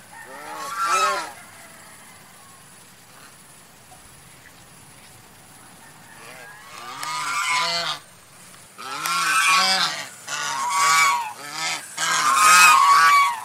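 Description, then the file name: Domestic goose calls: a short burst of honks at the start, a long quiet stretch, then repeated bursts of loud, harsh honks toward the end. White goose. "suara angsa putih"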